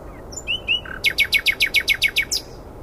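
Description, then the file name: Common nightingale song phrase: a few thin whistled notes, then a fast series of about nine loud repeated notes, ending in a sharp final note. "Luscinia megarhynchos"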